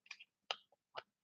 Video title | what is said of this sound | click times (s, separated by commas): Mid-Ish Summer Shop Release | so pretty easy and they snap in place so that it'll hold | 0.5 s